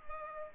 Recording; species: mosquito wingbeat signal from an infrared sensor; Culex pipiens